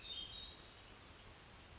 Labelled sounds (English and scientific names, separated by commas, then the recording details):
Hermit Thrush (Catharus guttatus)
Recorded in Sonoma County, California